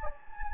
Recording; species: mosquito wingbeat signal from an infrared sensor; Anopheles gambiae